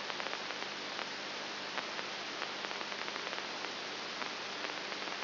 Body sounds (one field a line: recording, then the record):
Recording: brain microelectrode recording played as sound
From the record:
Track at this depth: outside the subthalamic nucleus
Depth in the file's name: 13 mm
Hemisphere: right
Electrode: 3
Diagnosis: Parkinson's disease